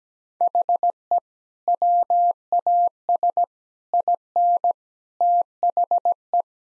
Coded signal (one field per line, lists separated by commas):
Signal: Morse code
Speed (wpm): 17 wpm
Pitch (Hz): 700 Hz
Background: none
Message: HE WAS IN THE